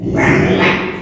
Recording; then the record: squeal of a Yucatan mini pig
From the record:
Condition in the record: after surgery on the right vocal fold (resection and tissue-engineered implant); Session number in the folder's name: 3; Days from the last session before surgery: 33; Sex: male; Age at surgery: 12 weeks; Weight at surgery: 13 kg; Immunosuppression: cyclosporine, prednisolone